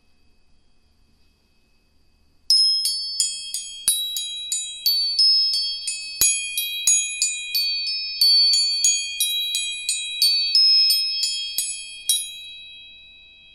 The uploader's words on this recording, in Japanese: 音叉チューニング全体性。